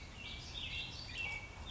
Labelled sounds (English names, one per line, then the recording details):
Warbling Vireo
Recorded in Sonoma County, California